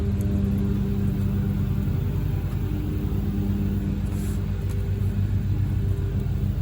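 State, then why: Not seated. An O2 sensor's plastic electrical connector is pushed back into its mounting clip under an Infiniti M56 / Q70 with the VK56VD V8 while an O2 sensor spacer is being installed for a P0420 catalytic converter code. A steady low rumble fills the clip with only faint small taps. No click is heard and the connector has not clicked into place.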